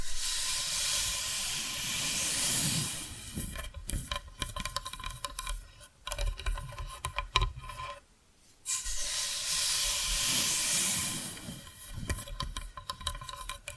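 Scratching and tapping sounds alternate: a steady, hissy scratching fills the opening seconds and returns around 9–11 seconds, while the middle is broken into quick, irregular taps and short rustles. A brief near-silence falls around 8 seconds before the bright scratching resumes.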